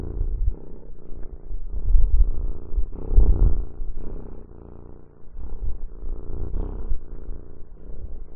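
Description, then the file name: Cat purr, deep and rumbling, pulsing with each breath in and out, loudest from about two to four seconds, then quieter before picking up again. "Cat Purring Long Clear Loud"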